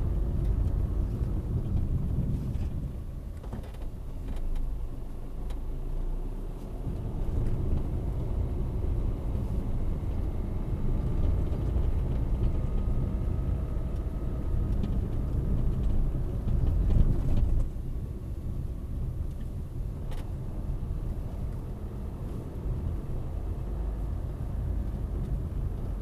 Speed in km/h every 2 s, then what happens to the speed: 23, 12, 10, 18, 25, 25, 28, 27, 22, 16, 18, 24, 25.
0-3 brakes to 10. 3-12 speeds up to 28. 12-18 slows to 16. 18-22 speeds up to 24.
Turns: none.